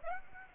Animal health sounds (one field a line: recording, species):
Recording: mosquito wingbeat signal from an infrared sensor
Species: Aedes aegypti